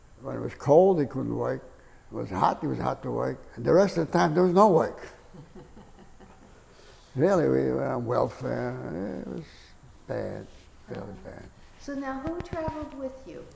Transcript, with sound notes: when it was cold they couldn't work. When it was hot, it was hard to work and the rest of the time there was no work. [laughs] Really, we were on welfare. It was bad, very bad.
So now, who traveled with you?